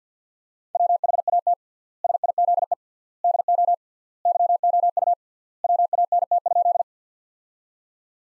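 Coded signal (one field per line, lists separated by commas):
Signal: Morse code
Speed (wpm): 49 wpm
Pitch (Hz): 700 Hz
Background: none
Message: WHAT SIZE DO YOU WANT?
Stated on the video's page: Morse practice sentences from the top 400 words at 50 wpm, with 3x standard word spacing, an approach analogous to Farnsworth using words instead of characters.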